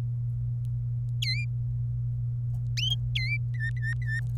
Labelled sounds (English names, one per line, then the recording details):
Domestic Canary song
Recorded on 26 April 2018 at 15:44
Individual llb3